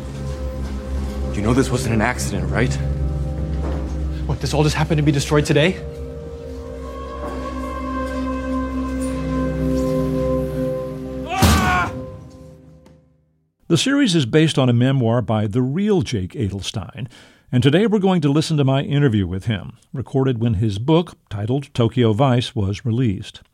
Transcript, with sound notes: You know this wasn't an accident, right? What? This all just happened to be destroyed today? (Yelling).
(SOUNDBITE OF HITTING OBJECT)
The series is based on a memoir by the real Jake Adelstein. And today, we're going to listen to my interview with him, recorded when his book - titled "Tokyo Vice" - was released.